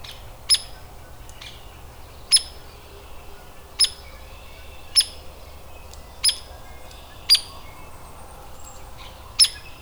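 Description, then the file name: Hairy woodpecker calling single sharp peeks every second or two, seven in all, with soft chirping of other birds in the background. Adult bird. "Hairy WPAdult"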